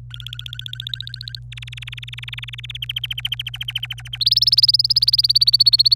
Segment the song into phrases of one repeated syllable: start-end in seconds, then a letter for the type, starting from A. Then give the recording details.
0.11-1.39 A, 1.52-2.71 B, 2.75-4.18 C, 4.20-5.96 D. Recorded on 26 April 2018 at 12:17. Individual llb3